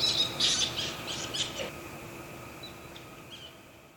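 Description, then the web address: Flying fox squawks: a burst of scratchy, shrill calls in the first second and a half, then a few faint notes fading into quiet. Recorded at Itoman, Oshiro, on 7 October 2021. "koe okomori 211007 itoman oshiro"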